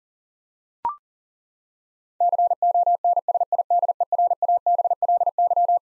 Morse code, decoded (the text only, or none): CONSIDERABLY